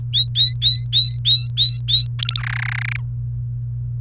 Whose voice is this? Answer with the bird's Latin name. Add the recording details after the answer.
Serinus canaria. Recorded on 29 April 2018 at 11:40. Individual llb3